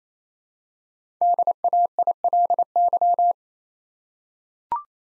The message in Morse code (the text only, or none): DAILY